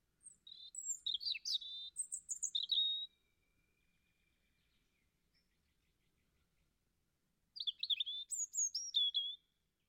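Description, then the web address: European robin song, two liquid, high-pitched phrases of tumbling whistles and chirps, each about two to three seconds, with a long pause between. "Deverinetal 2025"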